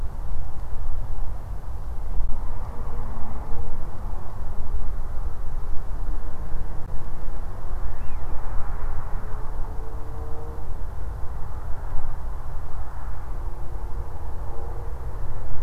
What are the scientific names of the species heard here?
Mareca penelope